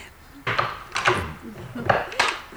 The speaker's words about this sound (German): Einen Moment, ich löse die Kette.